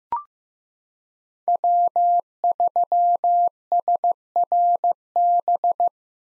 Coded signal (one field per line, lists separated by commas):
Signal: Morse code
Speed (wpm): 16 wpm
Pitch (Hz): 700 Hz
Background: none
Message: W3SRB